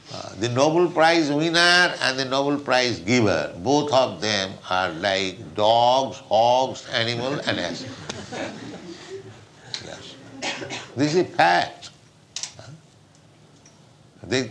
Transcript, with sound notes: The Nobel Prize winner and the Nobel Prize giver, both of them are like dogs, hogs, animal and asses. [laughter] That's all. This is a fact. They...